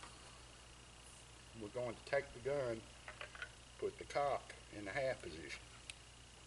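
Someone talks while handling a flintlock muzzleloading rifle, drawing the cock (hammer) back toward the half-cock notch of the lock, where the steel sear catches. A few faint handling taps come around 3.1–3.4 seconds, with a brief sharp tick near 5.9 seconds. The cock has not yet seated or clicked into half-cock.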